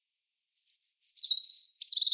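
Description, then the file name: European robin song: thin, very high drawn notes lead into a dense, slightly buzzy trill, then a burst of fast, sharp twitters. "Erithacus rubecula"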